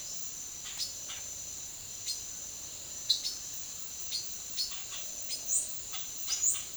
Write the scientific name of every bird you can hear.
Ramphocelus carbo